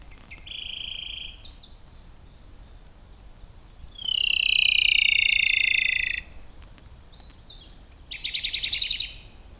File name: robin-rufous-tailed -Larvivora-sibilans